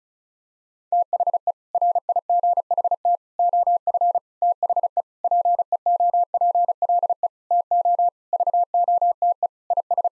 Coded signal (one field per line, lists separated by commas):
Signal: Morse code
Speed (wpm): 36 wpm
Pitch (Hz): 700 Hz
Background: none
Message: THE RIGHT OF THE PEOPLE TO VOTE IS